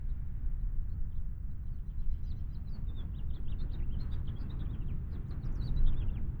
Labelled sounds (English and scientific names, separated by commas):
House Finch (Haemorhous mexicanus) song